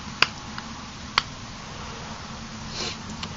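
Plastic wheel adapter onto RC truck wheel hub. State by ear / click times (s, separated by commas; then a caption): seated / 0.2 s, 1.2 s. A plastic wheel adapter for a Tamiya Blackfoot is pressed onto an RC truck's wheel hub and snaps over it, with sharp snap clicks at 0.2 s and 1.2 s. Fainter ticks follow at 0.6 s and 3.2 s, and a low hum runs underneath. The adapter is seated on the hub.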